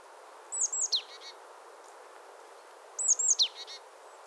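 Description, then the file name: Great tit calls, a quick run of very high, thin, downslurred notes given twice about two and a half seconds apart, over faint background hiss. "Parus major"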